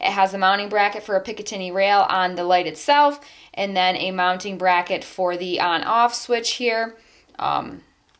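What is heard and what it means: Someone talks while handling a ThruNite TW20 tactical flashlight, which has a mounting bracket for a Picatinny rail on the light and a plastic mounting bracket for its on/off remote pressure switch. A brief handling noise comes near the end, but nothing has seated or clicked yet; the switch is not yet snapped into its bracket.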